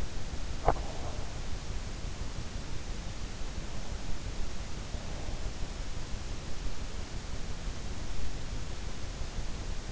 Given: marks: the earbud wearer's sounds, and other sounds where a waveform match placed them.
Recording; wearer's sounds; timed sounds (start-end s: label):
sounds in sleep by an in-ear microphone; breath
0.00-1.67 s: breath